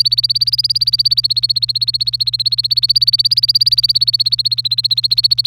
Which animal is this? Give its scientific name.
Serinus canaria